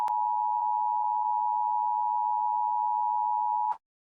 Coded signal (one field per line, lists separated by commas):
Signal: Emergency Alert System (SAME) tones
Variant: 853 and 960 Hz attention tone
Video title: EF5? - An EAS Scenario